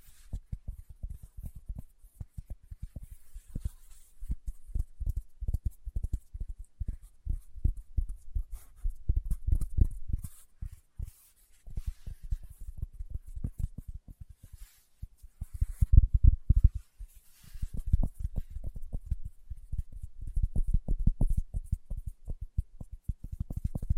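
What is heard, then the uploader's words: Fingertips tap in quick, uneven bursts of dull, low knocks, with brief pauses near ten and fifteen seconds and a louder flurry around sixteen. ASMR Tapping with Fingertips (No Talking).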